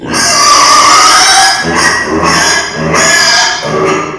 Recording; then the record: squeal of a Yucatan mini pig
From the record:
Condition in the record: before surgery on the right vocal fold (resection and tissue-engineered implant); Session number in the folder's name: 2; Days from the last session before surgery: 0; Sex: male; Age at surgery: 12 weeks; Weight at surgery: 13 kg